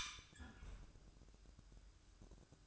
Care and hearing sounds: daily activity, microphone in the room; close fridge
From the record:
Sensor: 2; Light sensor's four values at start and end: 10/23/10/10 and 10/23/10/10

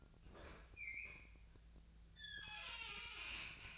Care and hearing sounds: daily activity, microphone in the room; open fridge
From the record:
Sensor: 2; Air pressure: 1009.5 hPa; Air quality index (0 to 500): 186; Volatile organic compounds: 11 ppm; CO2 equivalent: 2313 ppm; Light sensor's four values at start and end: 24/59/26/28 and 24/58/25/27

